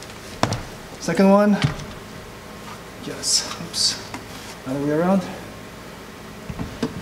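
A line-array column section for a Harbinger MLS900 speaker system is first tried the wrong way round, then flipped and pushed into its mount on the base unit, where it clicks in at 6.8 s. Someone talks through the fitting, and sharp knocks are heard near the start.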